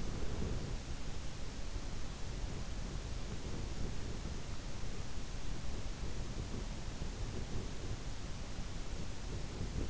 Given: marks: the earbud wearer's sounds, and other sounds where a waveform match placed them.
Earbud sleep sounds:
sounds in sleep by an in-ear microphone; body movement, snoring breath, swallowing
0.00-2.76 s: body movement
2.76-4.02 s: snoring breath
5.71-6.68 s: swallowing

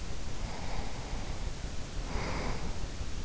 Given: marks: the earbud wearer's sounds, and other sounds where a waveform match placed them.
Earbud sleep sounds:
sounds in sleep by an in-ear microphone; breath
0.04-3.19 s: breath

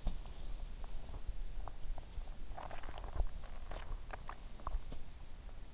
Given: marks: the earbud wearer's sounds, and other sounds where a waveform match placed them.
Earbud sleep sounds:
sounds in sleep by an in-ear microphone; swallowing
2.29-4.95 s: swallowing

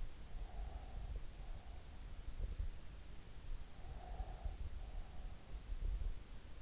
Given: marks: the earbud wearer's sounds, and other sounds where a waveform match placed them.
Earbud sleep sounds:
sounds in sleep by an in-ear microphone; breath
0.29-2.05 s: breath
3.66-5.33 s: breath

